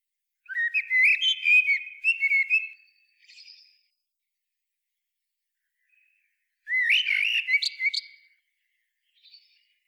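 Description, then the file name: Common blackbird singing two separate phrases, each fluty, warbling notes followed by high scratchy twittering, with a long quiet pause between them and a faint trailing note. "Turdus merula"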